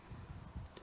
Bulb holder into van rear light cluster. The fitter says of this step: इसे नीचे धकेलें और इसे मोड़कर अपनी जगह पर लॉक कर दें, यह निश्चित रूप